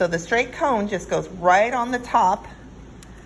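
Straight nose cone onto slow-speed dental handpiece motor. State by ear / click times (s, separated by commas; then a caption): seated / 3.0 s. A straight nose cone is pushed down onto a slow-speed dental handpiece motor until it clicks and is seated. Someone talks for the first two and a half seconds, then after a quiet stretch a single sharp, short click sounds at 3.0 s.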